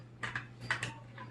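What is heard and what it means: A plastic axle is pushed through the spools of a bracelet loom, giving a few short plastic clicks and taps around 0.2 to 0.9 seconds. After more pushing, it seats all the way in with a click at 0.7 seconds.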